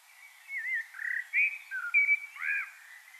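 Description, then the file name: Common blackbird song: a run of fluty, warbled whistled notes that rise and fall, with several loud bursts over about three seconds. "Turdus merula"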